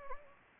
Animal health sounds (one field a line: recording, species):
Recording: mosquito wingbeat signal from an infrared sensor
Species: Anopheles gambiae